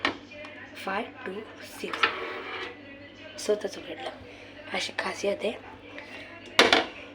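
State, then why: Seated. Someone talks while a combination lock latch on a container, which has just opened by itself, is pushed closed again. A loud metallic snap at 6.6 s shows the lock snapping locked.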